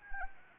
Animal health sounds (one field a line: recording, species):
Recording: mosquito wingbeat signal from an infrared sensor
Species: Anopheles arabiensis